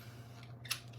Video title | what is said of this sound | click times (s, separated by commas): Modular Mounting System Debut | locks back down | 0.7 s